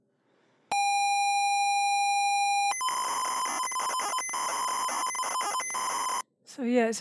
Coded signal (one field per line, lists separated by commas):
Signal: ZX Spectrum tape loading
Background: speech